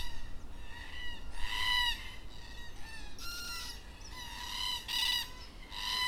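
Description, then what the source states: Black cockatoos calling with raspy, wailing notes, some near and loud, others fainter, spaced irregularly. Black cockatoos at dusk in Perth.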